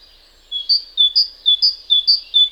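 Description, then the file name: Great tit giving a fast, ringing series of about five two-note phrases in brisk, even rhythm. "Parus major"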